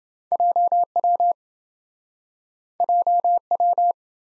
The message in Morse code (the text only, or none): JW JW